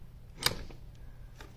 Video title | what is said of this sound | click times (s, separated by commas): Wheeleez™ Quick Release Axle System | slide it in and listen for the click | 0.5 s